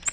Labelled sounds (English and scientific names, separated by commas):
Nashville Warbler (Leiothlypis ruficapilla) flight call